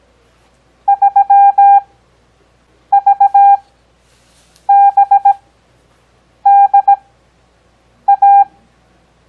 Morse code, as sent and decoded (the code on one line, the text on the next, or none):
...-- ...- -... -.. .-
3VBDA